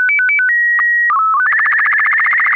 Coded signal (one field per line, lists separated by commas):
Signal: SSTV (slow-scan television)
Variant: Robot BW 8